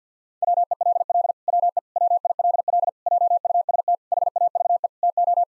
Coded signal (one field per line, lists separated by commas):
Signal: Morse code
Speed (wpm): 50 wpm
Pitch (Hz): 700 Hz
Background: none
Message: WELL WE WILL JUST HAVE TO